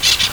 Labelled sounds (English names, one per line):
Brown-throated Parakeet contact call